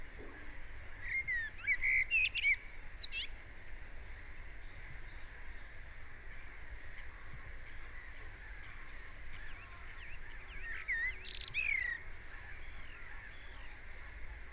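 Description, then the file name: Common blackbird song: two bursts of whistled, warbling phrases ending in high squeaky twitters, around two and eleven seconds, over steady low background noise. "Turdus merula"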